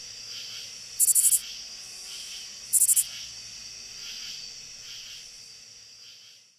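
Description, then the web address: Lesser Anglewing katydid giving two brief, high-pitched bursts of rapid ticks, with a continuous background drone. North America. "Songs of Insects. Lesser Anglewing"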